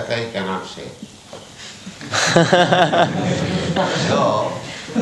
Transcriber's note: laughter